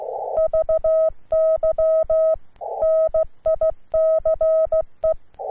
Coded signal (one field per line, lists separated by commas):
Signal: Morse code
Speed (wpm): 16 wpm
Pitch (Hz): 640 Hz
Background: none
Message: VY NICE